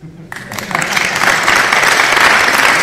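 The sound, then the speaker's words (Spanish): At a Ganemos Zaragoza assembly, a crowd bursts into sustained applause for the assembly, many hands clapping in a dense, steady wash that swells quickly after a brief quiet start and stays loud throughout. “Solamente está para poner dos aplausos. Uno a la asamblea, antes de que lo proponga alguien, no lo encuentra para hoy.”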